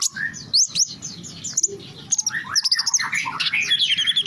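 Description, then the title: Small bird twittering: rapid, high, sliding chirps in quick succession, with a brief lower whistle early on and fast tweets filling the last two seconds. "Burung Kecil"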